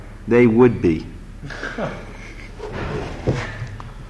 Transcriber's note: laughter